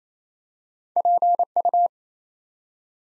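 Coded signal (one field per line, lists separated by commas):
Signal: Morse code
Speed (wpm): 29 wpm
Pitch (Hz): 700 Hz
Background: none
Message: PU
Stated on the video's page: Practice drill at 28wpm building 6-letter words two letters at a time, for ICR training.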